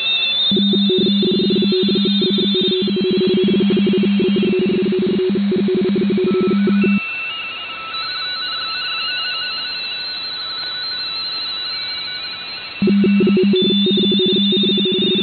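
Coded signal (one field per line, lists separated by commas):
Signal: RTTY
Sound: several overlapping warbling two-tone chatters at different pitches, rapid and mechanical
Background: radio static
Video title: MMVARI N1MM Plus Multi-RTTY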